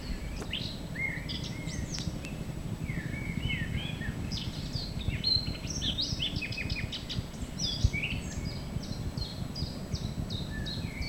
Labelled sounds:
Eurasian Blackcap (Sylvia atricapilla) song
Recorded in the wild
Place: Schielleiten, Steiermark, AT
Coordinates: 47.2276, 15.8273
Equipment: Uher 4000
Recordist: Brunner, Thomas

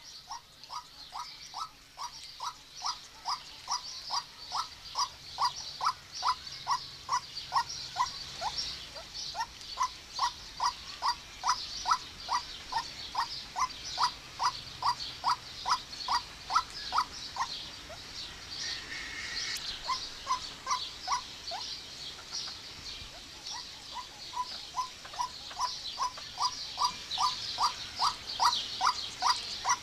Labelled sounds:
White-breasted Waterhen (Amaurornis phoenicurus) call
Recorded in captivity
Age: adult
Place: Zoo Berlin, Berlin, DE
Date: 1991-06-03 10:00
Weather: cloudy, 12-15 °C
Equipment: Marantz, Sennheiser ME 80, Kopie Tesla B 116
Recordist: Tembrock, Günter

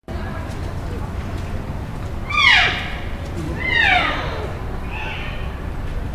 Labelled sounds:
Wapiti (Cervus canadensis) call
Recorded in captivity
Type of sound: call
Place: Tierpark Berlin, Berlin, DE
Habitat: zoo
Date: 2001-09-27 11:39
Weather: cloudy, 10°C
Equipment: Tascam DA-P1, Sennheiser MKH 70
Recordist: Frommolt, Karl-Heinz
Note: Rufe einer Wapiti-Hirschkuh

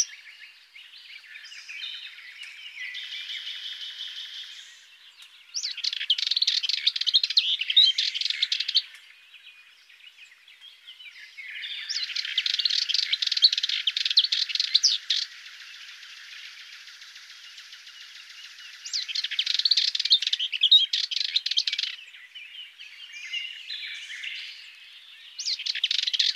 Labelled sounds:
Sardinian Warbler (Sylvia melanocephala) song
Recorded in the wild
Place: St. Laurent des Arbres und Umgebung/Combine, FR
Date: 2008-05-13
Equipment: MiniDisc Sharp MT 20 H
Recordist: Schwarz, Dieter
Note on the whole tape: Song

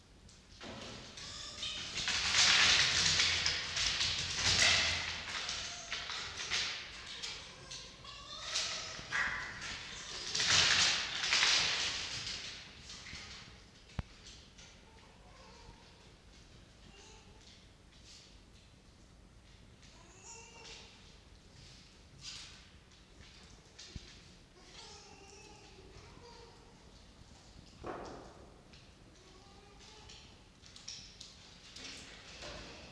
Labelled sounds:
Red Fox (Vulpes vulpes)
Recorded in captivity
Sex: male
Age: adult
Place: Zoologisches Institut der HUB, Berlin, DE
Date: 1953-01-02 18:25
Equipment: Elmetra
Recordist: Tembrock, Günter
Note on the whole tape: Jupp: Angriff auf Mucki: Pfau-Schrei-Winseln abklingend (anscheinend etwas abgeändert)

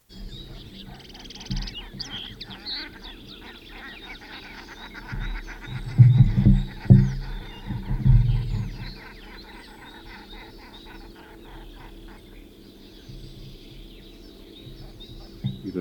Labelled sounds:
Common Shelduck (Tadorna tadorna) call
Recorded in the wild
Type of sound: call
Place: Schaabewald bei u. südl. Forsthaus Gelm, Insel Rügen, Mecklenburg-Vorpommern, DE
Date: 1969-04-26
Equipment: NAGRA III BH, Sennheiser MD21 mit Reflektor (d=75 cm, Glasfiber) und Stativ
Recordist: Schubert, Michael
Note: 6 überfliegende Brandgänse

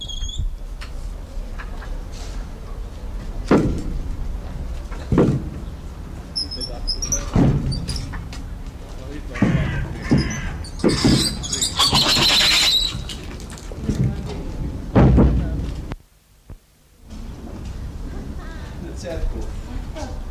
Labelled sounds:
Black-handed Spider Monkey (Ateles geoffroyi)
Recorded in captivity
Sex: group
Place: Tiergarten Schönbrunn, AT
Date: 1990-09-02 18:05
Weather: overcast, 17°C
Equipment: Marantz CP 430, Sennheiser ME 80, Kopie Uher Variocord
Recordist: Tembrock, Günter

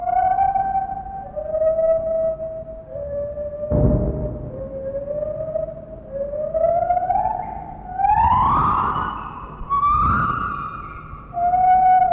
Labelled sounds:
Lar Gibbon (Hylobates lar)
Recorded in captivity
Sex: pair
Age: adult
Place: Zoo Berlin, Berlin, DE
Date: 1960-10-15 12:00
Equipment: Minifon, Kopie Smaragd
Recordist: Tembrock, Günter

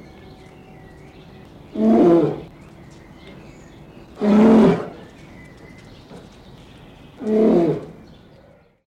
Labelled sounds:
Polar Bear (Ursus maritimus)
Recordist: Tembrock, Günter

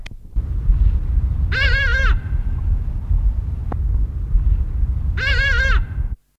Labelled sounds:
Hadada Ibis (Bostrychia hagedash) call
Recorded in the wild
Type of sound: call
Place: Laatzen, Niedersachsen, DE
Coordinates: 52.3089, 9.8081
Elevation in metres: 63
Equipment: Halbspur, 9,5 cm/s
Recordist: Lütgens, Hans
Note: Aufgeschreckt, vor einem halben Jahr aus Zoo Hannover entflogen, Grasdorfer Wasserwerk, 2. Halbjahr 1976

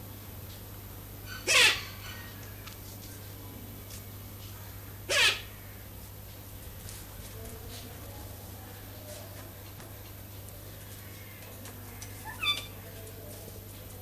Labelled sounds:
Silvery-cheeked Hornbill (Bycanistes brevis) call
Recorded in captivity
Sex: male
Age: adult
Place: Zoo Berlin, Berlin, DE
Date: 2005-07-17 16:37
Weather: heiter, 21 - 23°C
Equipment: Sony WM-D6C, Sony ECM-MS 907, Kopie Uher 4000 Report Monitor
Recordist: Tembrock, Günter

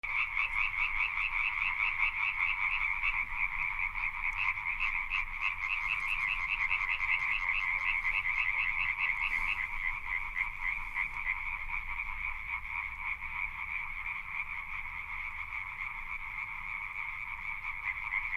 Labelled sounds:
Common Tree Frog (Hyla arborea) call
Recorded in the wild
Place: Kützerhof, Kummerower See, Mecklenburg-Vorpommern, DE
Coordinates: 53.8583, 12.85
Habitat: wetland
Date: 2009-04-14 23:30
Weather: wolkenlos, windstill, ca. 10°C
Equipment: Sound Devices 702, Sennheiser MKH 70, Rycote Windschutz
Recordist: Frommolt, Karl-Heinz

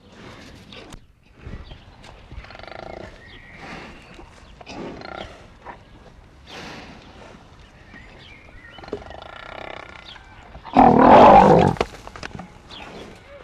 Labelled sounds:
African Buffalo (Syncerus caffer)
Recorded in captivity
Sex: female
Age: adult
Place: Tierpark Berlin, Berlin, DE
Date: 1966-07-02 15:00
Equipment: Uher 4000 Report-S, Transistorverstärker II, Sennheiser MD 421
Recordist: Tembrock, Günter
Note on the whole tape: Ältere Kuh: Atmen im Liegen und Wiederkäuen, Kurzlaut, als die jüngere vor ihr steht und frißt, dann Aufstehen. Daraufhin jüngere Kuh: Laut und Ausweichen. Abstand: 4 m. Aufnahmezeit: 15.00-18.00 Uhr

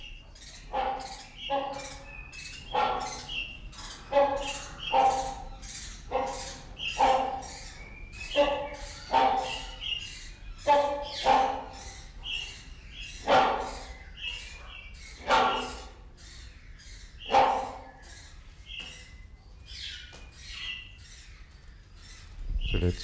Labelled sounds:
Great Hornbill (Buceros bicornis) trumpet call
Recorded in captivity
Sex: pair
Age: adult
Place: Zoo Berlin, Berlin, DE
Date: 1992-12-25 10:43
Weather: heiter, -7°C
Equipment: Marantz CP 430, Sennheiser ME 80, Kopie Uher Variocord 263
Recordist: Tembrock, Günter

